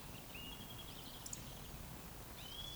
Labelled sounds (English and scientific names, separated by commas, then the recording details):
Eurasian Woodcock (Scolopax rusticola) whistle
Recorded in Baden-Württemberg, Germany, on 11 June 2020 at 20:11 UTC
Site 14569, 102 m above sea level